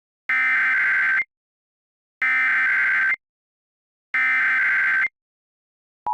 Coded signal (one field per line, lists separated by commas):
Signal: Emergency Alert System (SAME) tones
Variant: header bursts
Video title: EAS Scenario - Diablo Canyon